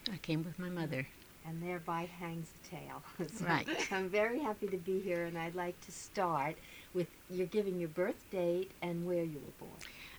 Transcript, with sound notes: I came with my mother.
And thereby hangs the tale. (she laughs)
Right.
I'm very happy to be here, and I'd like to start with your giving your birth date and where you were born.